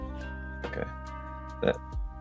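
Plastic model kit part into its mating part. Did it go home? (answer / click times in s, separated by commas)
no / none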